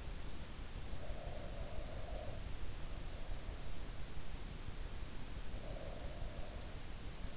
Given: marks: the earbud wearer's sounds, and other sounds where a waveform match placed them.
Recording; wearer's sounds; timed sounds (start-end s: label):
sounds in sleep by an in-ear microphone; breath
0.74-3.03 s: breath
5.48-7.37 s: breath